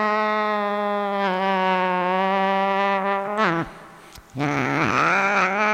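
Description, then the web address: Cat holding a long even yowl that wavers and falls after three seconds, a short break, then a new wail starting with a pitch dip. A cat named Sunshine. "sunshine the cat sunshine the cat-sounds of the cat"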